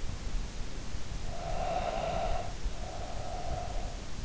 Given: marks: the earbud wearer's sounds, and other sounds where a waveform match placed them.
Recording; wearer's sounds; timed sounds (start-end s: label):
sounds in sleep by an in-ear microphone; breath
0.87-4.19 s: breath